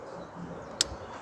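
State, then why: Seated. A plastic quick-connect fuel hose fitting from a refitted priming bulb is pushed onto a diesel fuel line. It snaps locked with a single sharp click at 0.8 s over a quiet background, and the connector is seated.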